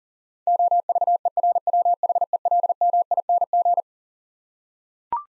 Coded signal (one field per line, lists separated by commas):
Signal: Morse code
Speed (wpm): 40 wpm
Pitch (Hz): 700 Hz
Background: none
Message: OVERWHELMING